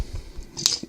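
A plastic blaster accessory is pushed into a toy robot figure's hand. After some faint plastic handling, a sharp, loud snap at 0.7 s marks the blaster seating in the hand.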